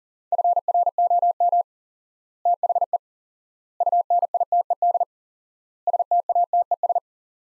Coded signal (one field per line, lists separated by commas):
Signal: Morse code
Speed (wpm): 40 wpm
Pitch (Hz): 700 Hz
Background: none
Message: FROM THE UNITED STATES